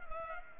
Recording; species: mosquito wingbeat signal from an infrared sensor; Culex pipiens